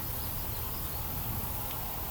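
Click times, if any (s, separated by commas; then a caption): none. A steel foothold trap is being handled and set so its metal dog can engage the night latch notch filed into the pan. Only a steady broadband hiss with low rumble is heard. Nothing has seated or clicked yet.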